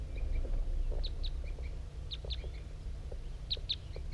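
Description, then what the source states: Crossbill flight calls, sharp high notes given in quick pairs a few times, with softer lower chirps between them over steady low hum. Wild male crossbill circling around, at 8:21.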